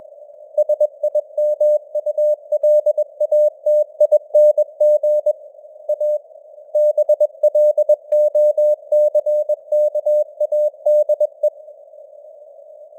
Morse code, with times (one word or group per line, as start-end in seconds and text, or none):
0.6-5.3 SIMULATING
5.9-6.2 A
6.8-11.5 BLOCKADE